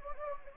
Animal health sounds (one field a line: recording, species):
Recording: mosquito wingbeat signal from an infrared sensor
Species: Anopheles gambiae